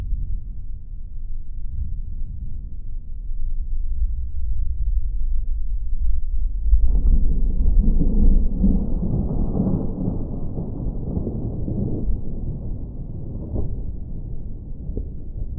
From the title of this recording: Low Thunder Rumble, No Rain